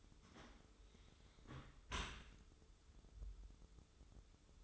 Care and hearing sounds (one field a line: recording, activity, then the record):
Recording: daily activity, microphone in the room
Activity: close dishwasher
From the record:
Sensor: 3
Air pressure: 995.7 hPa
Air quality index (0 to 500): 98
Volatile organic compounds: 14 ppm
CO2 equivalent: 2464 ppm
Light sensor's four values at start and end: 28/85/36/31 and 28/85/36/31